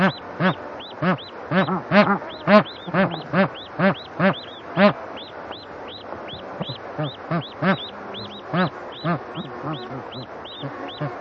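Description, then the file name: Bar-headed goose honking calls, a busy series of nasal, harmonic honks from several birds. "anser indicus"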